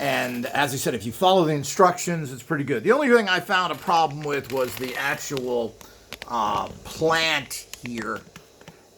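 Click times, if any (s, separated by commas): none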